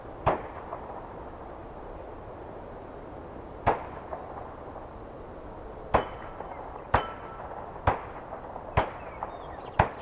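Target shooters fire single sharp shots at uneven intervals, one near the start, another around four seconds, then a quicker run of five from six seconds to the end. Each crack is followed by a short ringing tail over a low, steady rumble.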